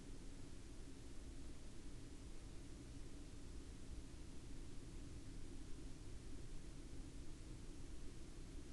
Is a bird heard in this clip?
no